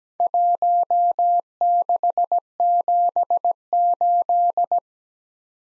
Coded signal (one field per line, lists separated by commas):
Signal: Morse code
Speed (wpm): 17 wpm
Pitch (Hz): 700 Hz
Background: none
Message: 1678